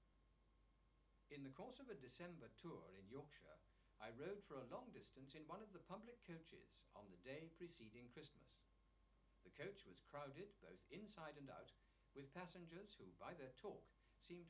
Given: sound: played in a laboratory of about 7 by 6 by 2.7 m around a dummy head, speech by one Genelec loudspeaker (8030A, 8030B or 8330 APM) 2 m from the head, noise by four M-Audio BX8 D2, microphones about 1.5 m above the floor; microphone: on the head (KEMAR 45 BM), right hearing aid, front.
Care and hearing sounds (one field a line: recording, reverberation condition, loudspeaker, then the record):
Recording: male speech in English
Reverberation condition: low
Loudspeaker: 90 degrees to the right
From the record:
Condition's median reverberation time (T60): about 310 ms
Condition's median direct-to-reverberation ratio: about 3.5 dB